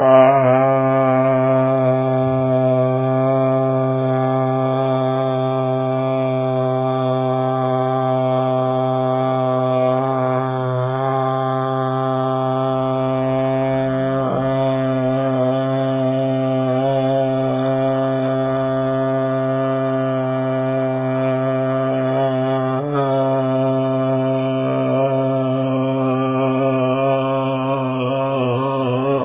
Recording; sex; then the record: sustained vowel /a/; male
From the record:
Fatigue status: fatigue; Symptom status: symptomatic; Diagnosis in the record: COVID-19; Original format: 3gp